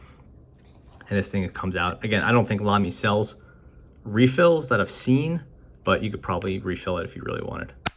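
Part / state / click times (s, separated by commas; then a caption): plastic insert going into a glass ink bottle / not seated / none. Someone talks while handling the removable plastic insert of a 50 ml glass bottle of Lamy green ink, taking it out and working it back toward the bottle. Nothing has seated or clicked into place yet by the end of the clip.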